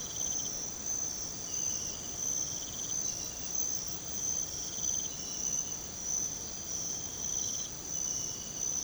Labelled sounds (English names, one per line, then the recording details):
none
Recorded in pastures near Puerto Asís, Putumayo, Colombia, on 13 March 2025 at 00:30
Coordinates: 0.486, -76.323
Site G075